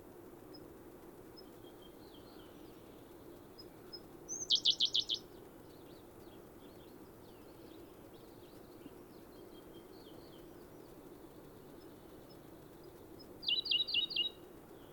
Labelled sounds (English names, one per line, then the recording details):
Siberian Blue Robin song
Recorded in the wild
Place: Dzhalmyn, MN
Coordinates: 48.166, 107.736
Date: 1979-06-11 07:35
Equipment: Nagra III BH, Sennheiser MD 21, parabola
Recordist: Schubert, Michael
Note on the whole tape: Gesang derselben Blaunachtigall